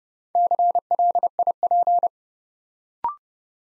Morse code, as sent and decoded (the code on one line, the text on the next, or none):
-.-. .-.. .. .--.
CLIP